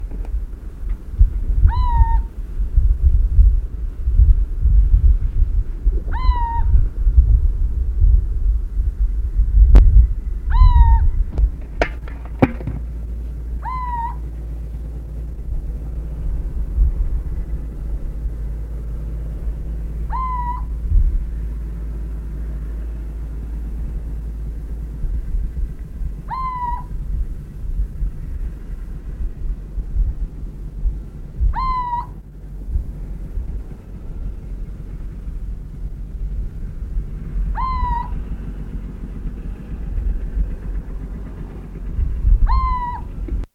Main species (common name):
Little Owl